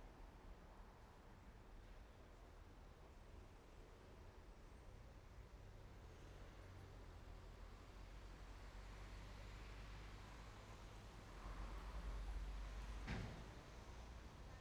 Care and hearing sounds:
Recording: everyday scene through a hearing-aid microphone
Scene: in traffic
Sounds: traffic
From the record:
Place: main road on the outskirts, rush hour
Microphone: behind the ear, right, front

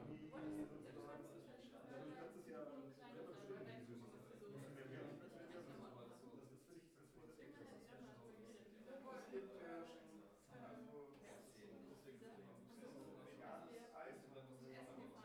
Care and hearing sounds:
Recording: everyday scene through a hearing-aid microphone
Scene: many people talking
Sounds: many voices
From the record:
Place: bistro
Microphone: behind the ear, right, rear

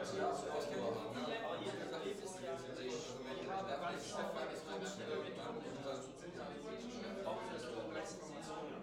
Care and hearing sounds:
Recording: everyday scene through a hearing-aid microphone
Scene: many people talking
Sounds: many voices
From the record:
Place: bistro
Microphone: in the ear canal, left

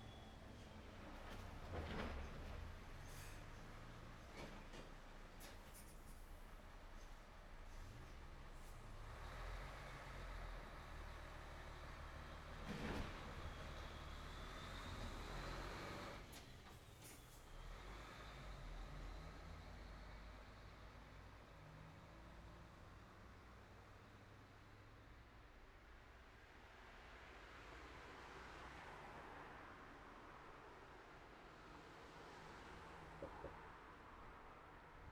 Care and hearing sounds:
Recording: everyday scene through a hearing-aid microphone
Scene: in traffic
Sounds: traffic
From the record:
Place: city secondary road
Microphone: behind the ear, right, front

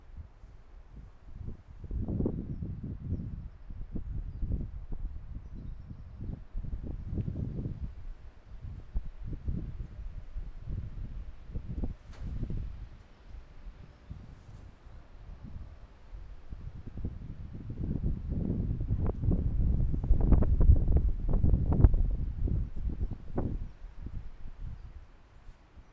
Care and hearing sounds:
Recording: everyday scene through a hearing-aid microphone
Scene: wind on the microphone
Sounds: squally wind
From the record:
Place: parking lot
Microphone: behind the ear, left, front

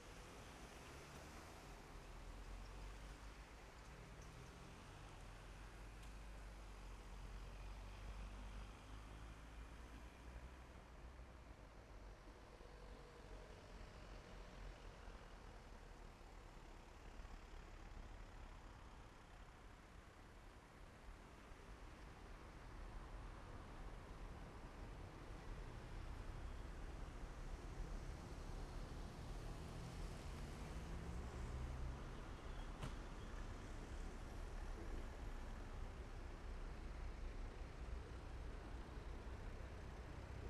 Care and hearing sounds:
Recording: everyday scene through a hearing-aid microphone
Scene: in traffic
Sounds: traffic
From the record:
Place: main road on the outskirts, rush hour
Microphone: behind the ear, left, front

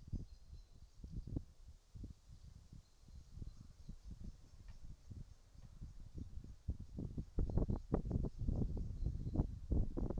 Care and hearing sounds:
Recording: everyday scene through a hearing-aid microphone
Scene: wind on the microphone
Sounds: wind, birds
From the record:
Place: in front of a rural house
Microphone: in the ear canal, right

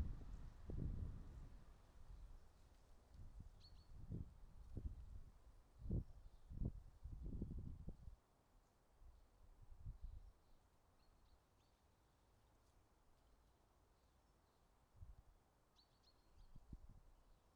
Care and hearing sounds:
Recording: everyday scene through a hearing-aid microphone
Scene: wind on the microphone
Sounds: wind, traffic, birds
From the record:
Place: suburban garden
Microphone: in the ear canal, right

